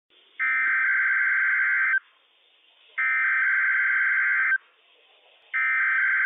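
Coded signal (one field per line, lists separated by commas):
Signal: Emergency Alert System (SAME) tones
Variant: header bursts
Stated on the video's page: Required Weekly Test from the National Weather Service on NOAA Weather Radio for Washington counties; the 1050 Hz tone is not cut off.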